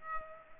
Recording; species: mosquito wingbeat signal from an infrared sensor; Culex pipiens